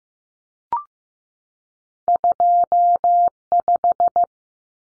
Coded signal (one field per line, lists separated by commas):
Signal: Morse code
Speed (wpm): 15 wpm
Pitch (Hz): 700 Hz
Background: none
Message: 25